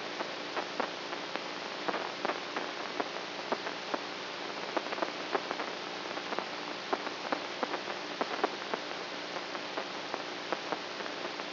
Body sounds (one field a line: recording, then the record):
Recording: brain microelectrode recording played as sound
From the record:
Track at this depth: outside the subthalamic nucleus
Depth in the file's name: 5.001 mm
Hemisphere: right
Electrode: 3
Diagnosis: Parkinson's disease